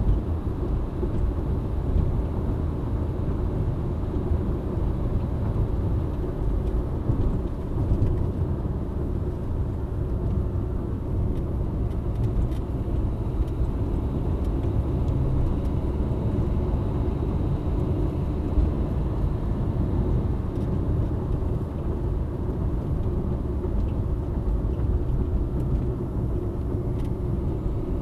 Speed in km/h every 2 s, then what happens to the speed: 84, 84, 82, 79, 73, 68, 68, 72, 77, 81, 82, 75, 71, 67.
0-10 slows to 68. 10-20 speeds up to 82. 20-28 slows to 67.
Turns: none.